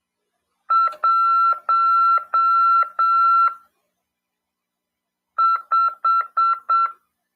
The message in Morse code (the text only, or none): 15